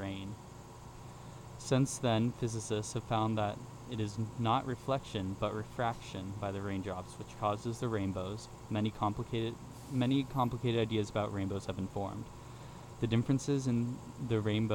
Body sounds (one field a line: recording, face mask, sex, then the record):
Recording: reading aloud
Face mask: surgical mask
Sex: male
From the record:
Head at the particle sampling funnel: facing it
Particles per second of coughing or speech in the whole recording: 0.0224